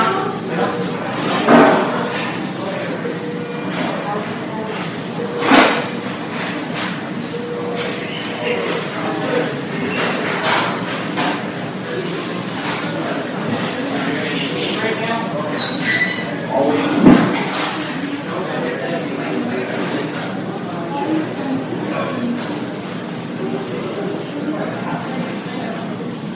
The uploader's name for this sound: Hospital Emergency Room